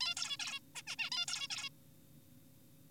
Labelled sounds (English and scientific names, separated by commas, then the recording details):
Zebra Finch (Taeniopygia guttata)
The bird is an adult
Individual g4p5U